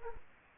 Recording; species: mosquito wingbeat signal from an infrared sensor; Culex quinquefasciatus